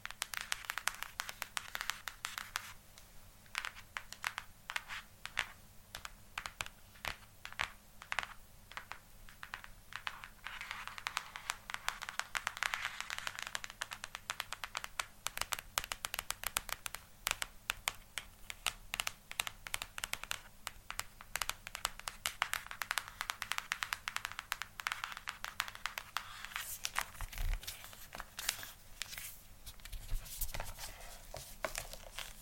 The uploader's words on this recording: ASMR Tapping For Sleep & Relaxation.